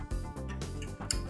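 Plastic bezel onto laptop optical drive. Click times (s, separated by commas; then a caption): 1.1 s. A plastic bezel, hooked in at the bottom with its remaining plastic hooks inserted, is pushed onto the optical drive of a Lenovo Ideapad 100 / B50 15-inch laptop over a steady background of music. A sharp click at 1.1 s marks the bezel snapping home and seated.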